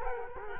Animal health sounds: mosquito wingbeat signal from an infrared sensor; Culex quinquefasciatus

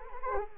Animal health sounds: mosquito wingbeat signal from an infrared sensor; Anopheles arabiensis

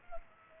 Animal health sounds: mosquito wingbeat signal from an infrared sensor; Culex pipiens

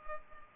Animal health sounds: mosquito wingbeat signal from an infrared sensor; Culex pipiens

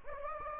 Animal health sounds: mosquito wingbeat signal from an infrared sensor; Anopheles gambiae

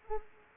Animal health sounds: mosquito wingbeat signal from an infrared sensor; Anopheles arabiensis

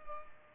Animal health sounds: mosquito wingbeat signal from an infrared sensor; Culex pipiens

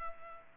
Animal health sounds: mosquito wingbeat signal from an infrared sensor; Culex pipiens

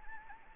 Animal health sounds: mosquito wingbeat signal from an infrared sensor; Anopheles gambiae

